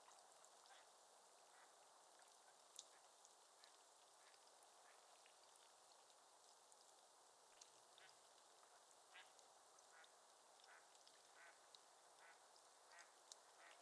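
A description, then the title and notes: A raft of mallard ducks chatters with frequent short, bright calls and quacks over a steady soft hiss, with occasional sharper clicks. A Morning on Otter Creek with a Raft of Ducks. A raft of Mallard Ducks. I left a recorder and microphones attached to a tree close to the bank of the creek. Location: Sleeping Bear Dunes National Lakeshore.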